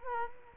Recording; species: mosquito wingbeat signal from an infrared sensor; Culex quinquefasciatus